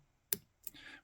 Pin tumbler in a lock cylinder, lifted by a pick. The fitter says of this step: we've got a little click out of that let's fill that now and